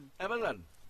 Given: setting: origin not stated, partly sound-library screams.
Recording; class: one-second piece from a danger detection set; normal situation